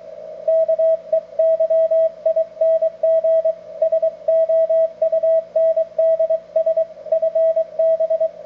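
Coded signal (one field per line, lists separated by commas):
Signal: Morse code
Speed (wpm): 22 wpm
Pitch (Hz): 650 Hz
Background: radio noise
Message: KEYING SOUNDS FB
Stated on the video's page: CW contact using a vintage Collins 32V2 transmitter and 75A4 receiver.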